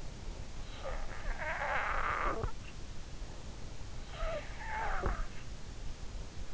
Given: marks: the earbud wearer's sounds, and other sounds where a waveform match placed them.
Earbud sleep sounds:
sounds in sleep by an in-ear microphone; snoring breath
0.94-3.11 s: snoring breath
3.85-5.63 s: snoring breath

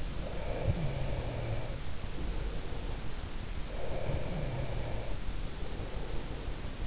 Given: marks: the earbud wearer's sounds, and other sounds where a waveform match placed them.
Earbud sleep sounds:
sounds in sleep by an in-ear microphone; breath
0.66-2.97 s: breath
3.74-6.70 s: breath

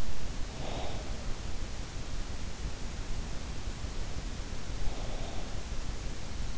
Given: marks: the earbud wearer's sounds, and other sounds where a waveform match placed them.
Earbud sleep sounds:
sounds in sleep by an in-ear microphone; breath
0.00-1.83 s: breath
5.09-5.97 s: breath

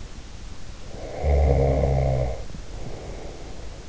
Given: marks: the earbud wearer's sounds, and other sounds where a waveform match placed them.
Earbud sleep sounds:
sounds in sleep by an in-ear microphone; snoring breath
0.63-3.80 s: snoring breath

